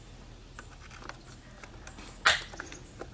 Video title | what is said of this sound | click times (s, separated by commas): 2017 Jeep Wrangler JK Oil Change in 4K | so then I'm going to take take the filter and you're going to want to hear it pop in when I took it out remember how it made that noise | 2.3 s